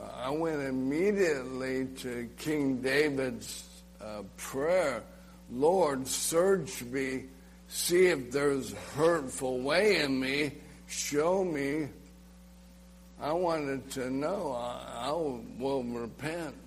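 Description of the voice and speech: Adult man speaking with dysarthria: slurred, slow speech caused by amyotrophic lateral sclerosis (ALS, Lou Gehrig's disease), diagnosed the previous summer. The disease attacks his muscles, which are quickly stopping working, and talking takes muscle. He is approaching the end of his life.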